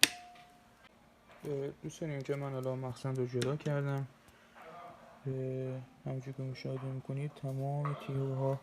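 A Mobashi grinder jar is pressed down with the switch held and twisted to the left on its motor base until it drops into place. A single sharp click at 0.0 s marks the jar seating, followed by quiet and then someone talking.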